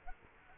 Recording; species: mosquito wingbeat signal from an infrared sensor; Culex quinquefasciatus